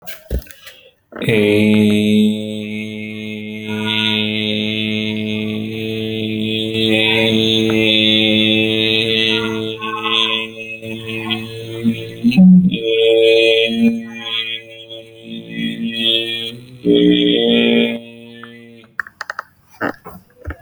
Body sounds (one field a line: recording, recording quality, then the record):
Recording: sustained vowel as in made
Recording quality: excellent, no background noise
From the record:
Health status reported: healthy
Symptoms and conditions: none ticked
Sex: male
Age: 38 years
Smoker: not ticked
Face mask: not worn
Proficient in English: yes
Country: India